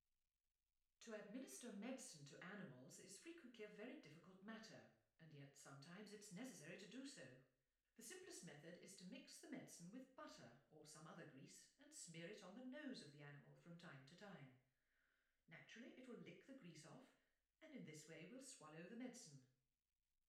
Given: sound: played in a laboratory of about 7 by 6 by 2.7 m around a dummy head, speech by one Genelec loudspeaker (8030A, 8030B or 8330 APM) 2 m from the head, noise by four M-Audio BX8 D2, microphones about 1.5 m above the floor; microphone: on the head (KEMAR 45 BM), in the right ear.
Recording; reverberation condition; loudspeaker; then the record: female speech in English; medium; behind (180 degrees)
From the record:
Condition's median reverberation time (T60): about 510 ms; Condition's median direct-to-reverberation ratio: about -0.5 dB